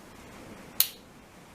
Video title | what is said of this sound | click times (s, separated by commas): Classic mini van *RESTORATION* More problems! | Then that locks in place, and then that bit goes to there. | 0.8 s